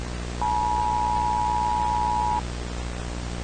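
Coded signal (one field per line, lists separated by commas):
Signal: Emergency Alert System (SAME) tones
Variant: 853 and 960 Hz attention tone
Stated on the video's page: Homemade fictional American EAS scenario.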